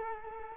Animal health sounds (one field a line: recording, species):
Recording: mosquito wingbeat signal from an infrared sensor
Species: Culex quinquefasciatus